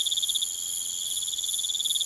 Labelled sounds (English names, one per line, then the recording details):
none
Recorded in pastures near Puerto Asís, Putumayo, Colombia, on 23 June 2025 at 21:30
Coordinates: 0.486, -76.323
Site H29